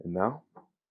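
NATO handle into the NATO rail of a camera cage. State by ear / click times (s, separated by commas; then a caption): not seated / none. A NATO top handle is being attached to the NATO rail of a metal SmallRig video cage on a Nikon Z8 mirrorless camera. Someone talks for about half a second, followed by a brief, quieter sound near 0.6 s. The handle has not clicked or seated onto the rail yet.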